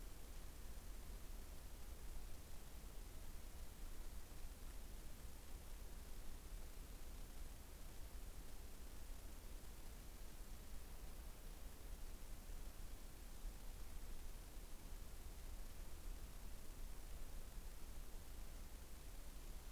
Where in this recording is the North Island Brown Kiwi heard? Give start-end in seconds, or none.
none